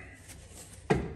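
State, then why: Not seated. A tractor's reversible operator seat turret, carrying the seat, steering and dash assembly, is being rotated 180 degrees toward its locked cab position. A quiet steady background is followed by a short low thump of handling at about 0.9 s that fades out. Nothing has seated or locked into place yet.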